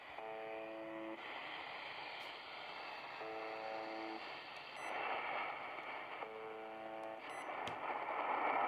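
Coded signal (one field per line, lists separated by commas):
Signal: channel marker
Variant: UVB-76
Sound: three rough, low, harmonic buzzes about a second long, repeating every few seconds, over hiss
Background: radio static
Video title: Tecsun PL-310ET UVB-76/The Buzzer 4625Khz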